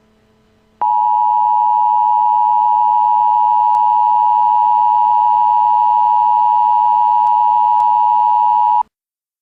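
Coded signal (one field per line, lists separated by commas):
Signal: Emergency Alert System (SAME) tones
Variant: 853 and 960 Hz attention tone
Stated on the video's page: Simulated Emergency Action Notification alert tones in a fictional earthquake scenario.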